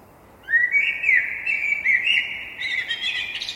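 Blackbirds calling: a dense run of whistled, slurred notes mixed with thin, high buzzy squeaks over a constant background hiss.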